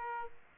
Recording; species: mosquito wingbeat signal from an infrared sensor; Aedes aegypti